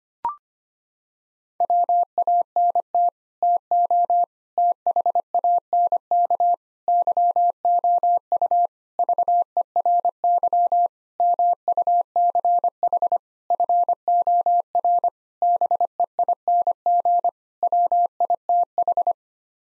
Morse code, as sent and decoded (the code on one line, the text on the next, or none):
.-- .- -. - / - --- / - .... .- -. -.- / -.-- --- ..- / ...- . .-. -.-- / -- ..- -.-. .... / ..-. --- .-. / -... . .. -. --. / .-- .. - ....
WANT TO THANK YOU VERY MUCH FOR BEING WITH